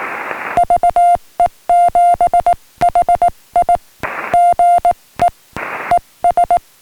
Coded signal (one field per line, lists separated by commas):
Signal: Morse code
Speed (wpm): 18 wpm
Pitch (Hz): 700 Hz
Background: music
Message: VE7HI GE ES